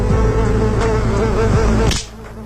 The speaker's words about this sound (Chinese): 是苍蝇吗？ 是，还没打到。 打到了吗？ 打到了。